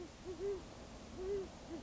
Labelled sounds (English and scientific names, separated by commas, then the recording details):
Great Horned Owl (Bubo virginianus)
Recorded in Sonoma County, California